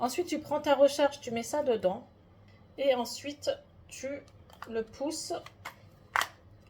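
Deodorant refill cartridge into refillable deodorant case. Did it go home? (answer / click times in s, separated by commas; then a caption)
yes / 6.2 s. A deodorant refill cartridge is inserted into a refillable deodorant case and pushed in while someone talks. A sharp click at 6.2 s marks the refill clipping into place.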